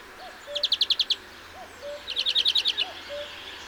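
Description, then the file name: European greenfinch calls in two quick rattling trills of several bright notes each, with soft low hooked whistles from another bird underneath. "Chloris chloris"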